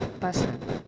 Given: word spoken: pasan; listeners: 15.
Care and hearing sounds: one Spanish word in noise, from a listening test; noise modulated by three-talker babble; -3.2 dB; 6 of 15; 7 of 15; 0.48 s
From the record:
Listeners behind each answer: 7, 6, 1, 1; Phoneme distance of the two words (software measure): 7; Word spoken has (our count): 2 syllables, 5 phonemes, stress on syllable 1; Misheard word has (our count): 2 syllables, 4 phonemes, stress on syllable 1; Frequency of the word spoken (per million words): 37.49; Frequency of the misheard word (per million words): 154.05

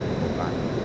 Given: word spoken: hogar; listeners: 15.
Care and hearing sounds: one Spanish word in noise, from a listening test; speech-shaped noise; -4.9 dB; 0 of 15; 7 of 15; 0.45 s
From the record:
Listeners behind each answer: 7, 2, 1, 1, 1, 1, 1, 1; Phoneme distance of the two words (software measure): 34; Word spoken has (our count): 2 syllables, 4 phonemes, stress on syllable 2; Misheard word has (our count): 2 syllables, 4 phonemes, stress on syllable 1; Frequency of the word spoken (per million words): 43.72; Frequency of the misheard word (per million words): 44.64

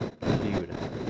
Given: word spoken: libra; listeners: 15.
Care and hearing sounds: one Spanish word in noise, from a listening test; noise modulated by three-talker babble; -5.7 dB; 1 of 15; 10 of 15; 0.70 s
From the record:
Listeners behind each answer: 10, 1, 1, 1, 1, 1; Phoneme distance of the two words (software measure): 10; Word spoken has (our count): 2 syllables, 5 phonemes, stress on syllable 1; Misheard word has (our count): 2 syllables, 5 phonemes, stress on syllable 1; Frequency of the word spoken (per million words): 10.27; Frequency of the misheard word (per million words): 148.40

